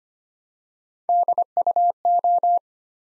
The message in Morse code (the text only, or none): DUO